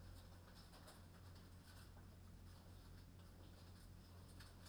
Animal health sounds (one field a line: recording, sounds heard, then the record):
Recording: poultry house recording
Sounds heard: no chicken sound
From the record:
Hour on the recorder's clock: 23